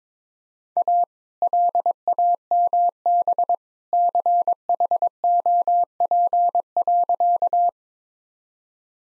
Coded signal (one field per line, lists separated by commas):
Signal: Morse code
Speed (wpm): 22 wpm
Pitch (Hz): 700 Hz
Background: none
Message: A LAMB CHOP.